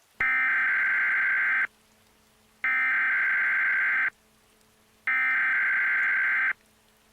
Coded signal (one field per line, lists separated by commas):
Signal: Emergency Alert System (SAME) tones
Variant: header bursts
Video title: EAS Scenario - Hudson River Valley Flood